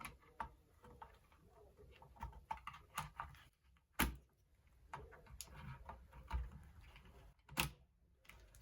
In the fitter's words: that's those clicked into place and now we'll get the nvme